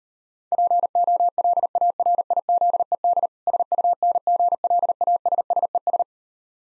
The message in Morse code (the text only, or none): POLARIZED SUNGLASSES